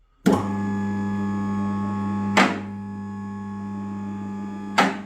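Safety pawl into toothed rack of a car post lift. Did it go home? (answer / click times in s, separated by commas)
yes / 0.3 s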